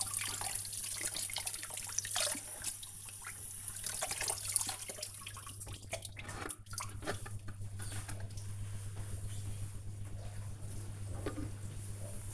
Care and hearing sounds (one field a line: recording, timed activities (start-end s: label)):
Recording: household activities, microphone on the right wrist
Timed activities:
0.00-9.37 s: washing dishes